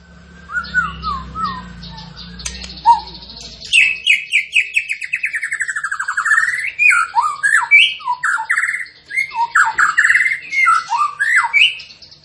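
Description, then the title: Tembakan bird song of rising and falling whistled slurs strung together into a long, fluid, continuous warble, with a low hum early on. Masteran training recording of a bird singing gacor (in full, persistent song). "Masteran Burung Tembakan Gacor"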